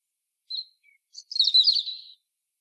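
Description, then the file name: European robin gives a lone high note and a faint thin whistle, then a bright, tumbling warble of rapid high notes lasting under a second. "Erithacus rubecula"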